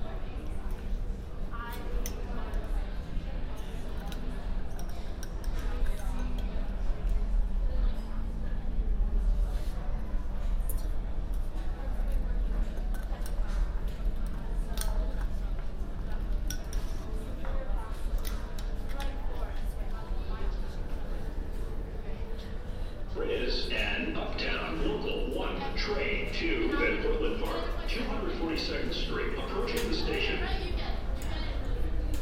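A ride on the N train, with a constant low rumble and rattling of the car running throughout at a steady level. Voices murmur over the noise, and from about 23 seconds a louder, brighter clatter and screech rises and continues to the end.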